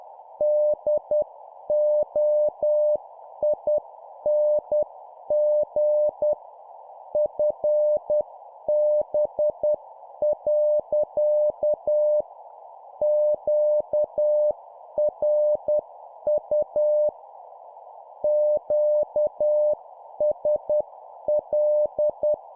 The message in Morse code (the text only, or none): DOING FB. QRU QSL